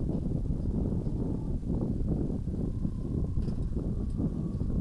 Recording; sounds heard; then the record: poultry house recording; no chicken sound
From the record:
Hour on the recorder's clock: 22